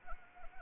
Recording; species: mosquito wingbeat signal from an infrared sensor; Anopheles arabiensis